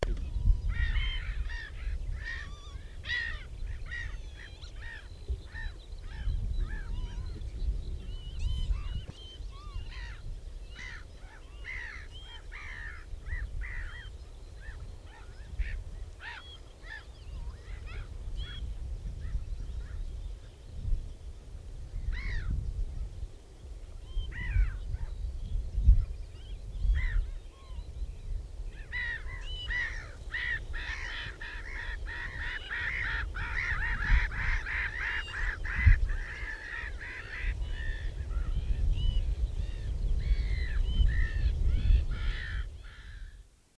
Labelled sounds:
Black-headed Gull call

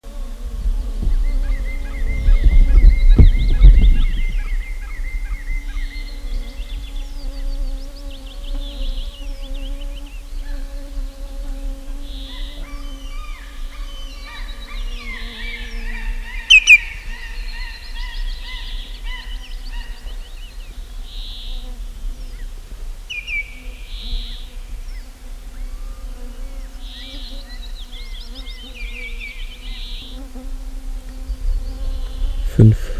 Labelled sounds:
Common Greenshank

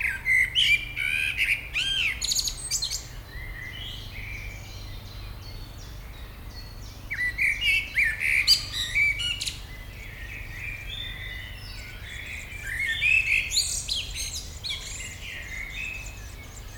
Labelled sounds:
Common Blackbird

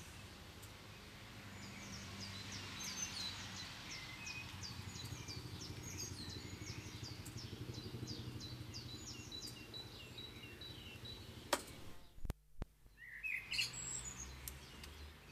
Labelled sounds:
Common Blackbird song

